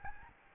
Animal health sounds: mosquito wingbeat signal from an infrared sensor; Aedes albopictus

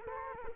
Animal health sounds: mosquito wingbeat signal from an infrared sensor; Culex quinquefasciatus

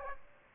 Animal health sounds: mosquito wingbeat signal from an infrared sensor; Aedes aegypti

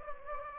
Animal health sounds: mosquito wingbeat signal from an infrared sensor; Anopheles gambiae

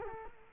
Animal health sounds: mosquito wingbeat signal from an infrared sensor; Culex quinquefasciatus

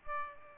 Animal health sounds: mosquito wingbeat signal from an infrared sensor; Aedes aegypti

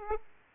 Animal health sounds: mosquito wingbeat signal from an infrared sensor; Aedes aegypti

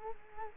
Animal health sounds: mosquito wingbeat signal from an infrared sensor; Culex quinquefasciatus

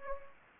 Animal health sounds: mosquito wingbeat signal from an infrared sensor; Anopheles gambiae

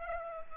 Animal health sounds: mosquito wingbeat signal from an infrared sensor; Culex pipiens

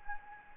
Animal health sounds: mosquito wingbeat signal from an infrared sensor; Anopheles gambiae

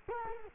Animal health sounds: mosquito wingbeat signal from an infrared sensor; Culex quinquefasciatus

